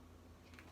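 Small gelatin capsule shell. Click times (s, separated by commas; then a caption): 0.6 s. A filled gelatin vitamin C capsule is held by its middle while the top cap half is pressed down onto the bottom body half. Over a steady low hum, a single short, faint click is heard at 0.6 s as the halves snap together. The capsule is securely closed and won't come undone.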